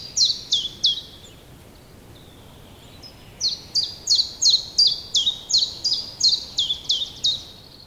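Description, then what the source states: Common chiffchaff gives three quick high notes, pauses for a couple of seconds, then resumes a rapid, regular string of chiff-chaff notes. Spring recording.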